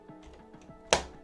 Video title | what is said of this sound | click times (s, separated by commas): How to Remove uPVC Door Handle with Hidden Screws - Easy Step-by-Step Guide for Repairs | There's your click. | 0.9 s